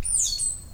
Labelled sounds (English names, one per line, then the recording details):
Stitchbird song
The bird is a male
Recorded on Tiritiri Matangi Island, New Zealand, in 2005
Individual 17, of nest box 25